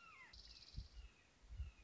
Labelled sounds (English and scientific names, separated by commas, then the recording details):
Red-shouldered Hawk (Buteo lineatus)
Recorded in Sonoma County, California